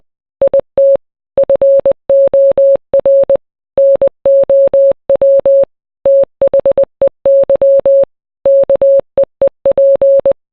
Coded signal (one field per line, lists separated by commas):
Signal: Morse code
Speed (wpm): 20 wpm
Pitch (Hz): 550 Hz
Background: none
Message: IT FOR NOW THEY KEEP